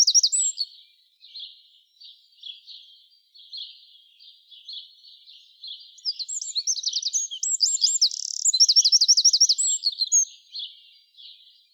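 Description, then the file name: Eurasian wren: loud notes at the start, then softer high notes, building to a loud burst of rapid, shrill trills and chattering phrases, fading to quiet notes at the end. "Troglodytes troglodytes"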